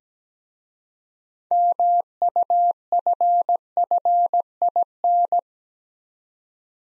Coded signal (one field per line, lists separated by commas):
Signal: Morse code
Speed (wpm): 17 wpm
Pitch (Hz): 700 Hz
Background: none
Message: MUFFIN